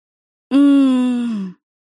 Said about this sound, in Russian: Стон вынудил меня зайти.